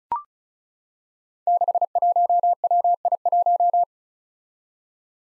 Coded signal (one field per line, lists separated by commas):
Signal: Morse code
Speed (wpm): 36 wpm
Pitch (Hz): 700 Hz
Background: none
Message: 61WI1